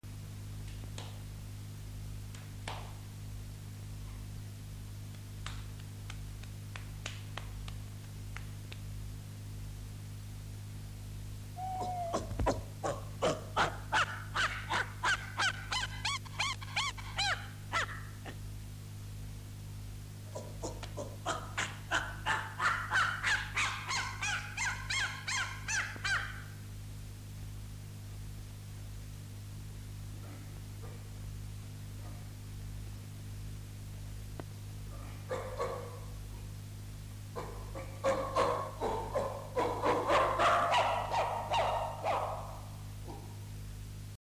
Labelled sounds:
Chimpanzee (Pan troglodytes)

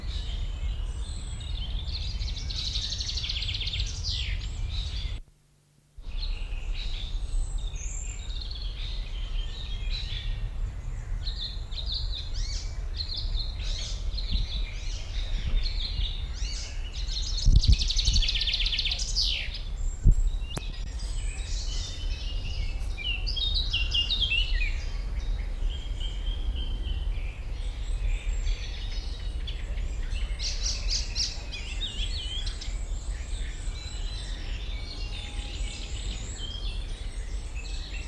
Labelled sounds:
Eurasian Blackcap (Sylvia atricapilla)

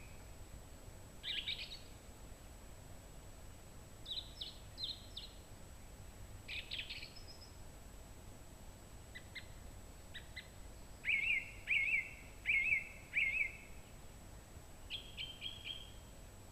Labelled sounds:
Song Thrush (Turdus philomelos) song

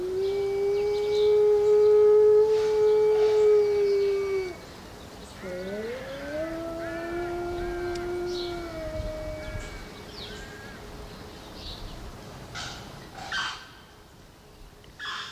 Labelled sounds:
Gray Wolf (Canis lupus) howling

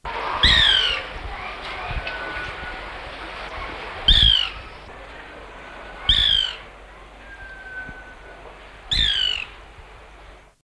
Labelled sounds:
White Woodpecker (Melanerpes candidus) call

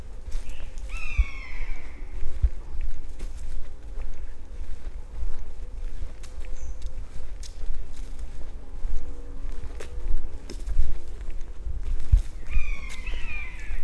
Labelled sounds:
Common Buzzard (Buteo buteo) call

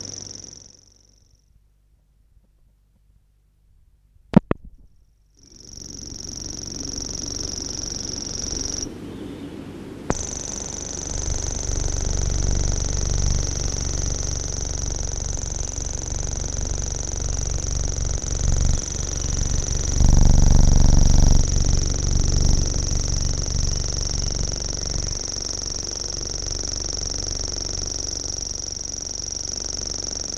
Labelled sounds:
Common Grasshopper Warbler (Locustella naevia) song

